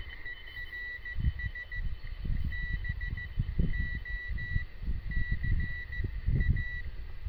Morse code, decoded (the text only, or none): ERS BOCA